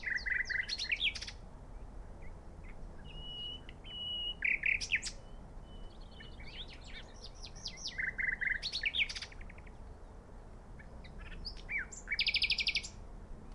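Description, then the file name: Common nightingale song: several varied phrases of rattling bursts and piped whistles, separated by short pauses, over a faint low rumble. "Luscinia megarhynchos"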